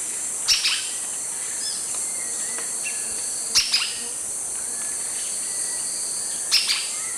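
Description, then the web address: Olive-backed foliage-gleaner giving harsh, buzzy double-noted calls about every three seconds, over a steady high insect drone with faint whistles from other birds. Calls recorded in the eastern lowlands of South America. "Natures Songs S America Eastern Lowlands. Automolus infuscatus, calls"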